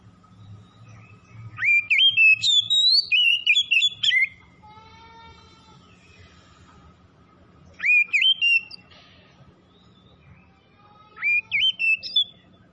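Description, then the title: Oriental magpie-robin song in three separate whistled bursts, each opening with an upward sweep, with a faint steady tone and low hum in the gaps. Called by the Indonesian name kacer; described as gacor, in full vigorous song; Tretes named alongside. "Kacer Tretes Gacor"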